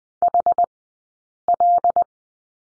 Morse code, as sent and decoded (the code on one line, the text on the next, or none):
.... .-..
HL